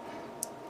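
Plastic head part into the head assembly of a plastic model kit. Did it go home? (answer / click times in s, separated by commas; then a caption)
yes / 0.4 s. A plastic head part of a 1/144 scale HG Zudah model kit is pressed into its mating piece in the head assembly. Over a quiet background, one sharp, bright plastic snap sounds at 0.4 seconds, and a brief high hiss follows at the very end. The head part seats.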